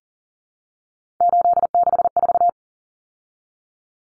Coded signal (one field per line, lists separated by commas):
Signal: Morse code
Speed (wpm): 40 wpm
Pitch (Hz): 700 Hz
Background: none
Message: 864